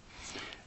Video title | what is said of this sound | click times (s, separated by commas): Microbiological Sample Preparation Technology | the filter snaps into place | 0.5 s